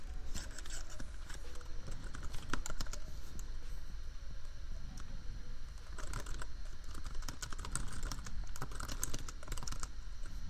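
Keyboard tapping runs through the whole stretch in quick, irregular bursts of crisp clicks, busiest around two to three seconds and again from six to nine. Underneath sits a steady low hum, and a faint soft beat lingers in the background.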